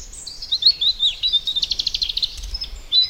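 Bird chirping, a quick run of high, thin notes turning into a rapid, even trill, then one last chirp, over quiet background.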